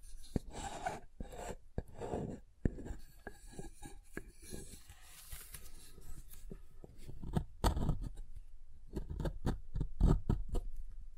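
Soap being tapped and carved: sharp, bright clicks and taps come in bursts, dense early on and again after about seven seconds. Between them runs softer scraping and rasping, like a blade shaving the surface, with a quieter stretch around the middle.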